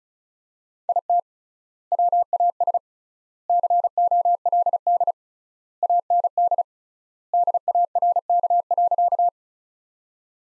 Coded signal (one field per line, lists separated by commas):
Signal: Morse code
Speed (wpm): 36 wpm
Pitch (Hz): 700 Hz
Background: none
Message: IT WAS COLD AND DARK.